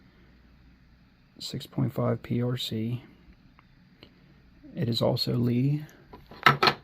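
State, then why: Seated. A Lee case-length die made for 6.5 PRC is pushed into a case trimmer while someone talks. A sharp, loud hit at 6.5 s marks the die seating in the trimmer.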